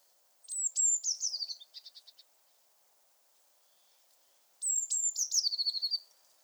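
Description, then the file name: Eurasian blue tit repeating its song twice, high sharp opening notes leading into a fast stuttering trill, separated by a pause of about two seconds. "Cyanistes caeruleus"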